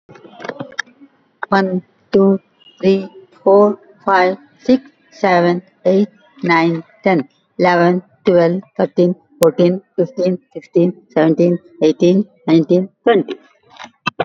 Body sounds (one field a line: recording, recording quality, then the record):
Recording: counting at a normal pace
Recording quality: excellent, no background noise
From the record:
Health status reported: recovered from COVID-19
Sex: female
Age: 65 years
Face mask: worn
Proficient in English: no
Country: India